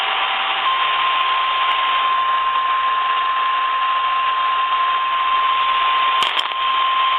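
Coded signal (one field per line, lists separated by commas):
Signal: Emergency Alert System (SAME) tones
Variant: 1050 Hz attention tone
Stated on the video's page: EAS severe thunderstorm alert relayed under a weather alert activation, received on an HDR-14 receiver.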